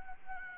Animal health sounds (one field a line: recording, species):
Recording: mosquito wingbeat signal from an infrared sensor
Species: Anopheles gambiae